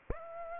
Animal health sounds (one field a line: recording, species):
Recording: mosquito wingbeat signal from an infrared sensor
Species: Aedes aegypti